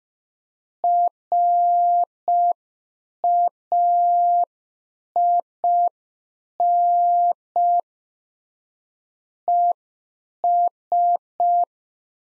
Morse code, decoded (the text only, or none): RAIN ES